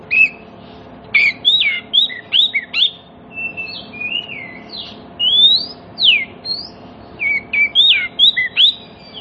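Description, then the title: Oriental magpie-robin song: varied clear whistles and sweeping slurred notes, delivered in quick phrases with short pauses, some notes rising and falling. Pancingan (lure) song used to prompt other magpie-robins that have stopped singing to reply and sing actively within about five minutes. "Cukup Hitungan Menit Kacer Lain Bisa Bunyi. CUKUP 5 Menit Kacer LAIN NYAUT JADI GACOR, PANCINGAN KACER MACET BUNYI"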